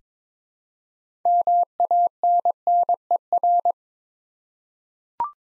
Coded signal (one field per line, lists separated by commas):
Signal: Morse code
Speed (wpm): 22 wpm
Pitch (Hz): 700 Hz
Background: none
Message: MANNER